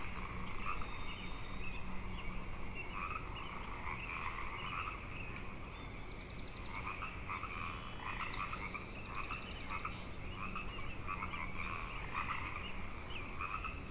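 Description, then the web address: Frogs in a dense chorus, a steady layered trilling in two bands, one mid and one higher, with a few brief high notes over it partway through. Frog chorus at Grafton Lake, recorded 3 May 2009. "The Frog Chorus Tunes Up On Grafton Lake frogs 090503"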